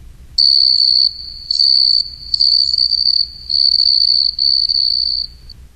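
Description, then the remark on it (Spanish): A large cricket chirps by rubbing its wings, a steady, high-pitched trill in five loud bursts separated by brief pauses, with no other sounds around it. “¡Bienvenido!, le cantó un grillo grande frotando las alas.”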